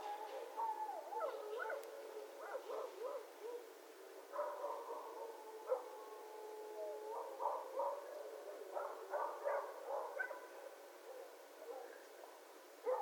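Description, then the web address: Red fox making quiet, repeated short yelps and whines in scattered clusters, with a faint steady tone in the background. Recorded 11 January 2012. "Red Fox 2012 01 11 Red Fox long"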